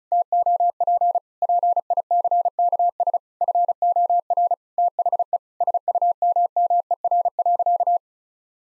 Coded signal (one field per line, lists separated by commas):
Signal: Morse code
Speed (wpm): 34 wpm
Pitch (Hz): 700 Hz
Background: none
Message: TOP PICKS FOR THE SUMMER.